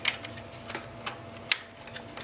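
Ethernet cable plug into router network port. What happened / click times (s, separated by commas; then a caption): The network plug snapped into its port / 1.5 s. A plastic RJ45 plug on an Ethernet network cable is pushed into the network port of a Securifi Almond+ Wireless AC Router & Automation Hub until it latches. A few faint ticks come first, then a sharp, bright snap at 1.5 s as the plug seats in place.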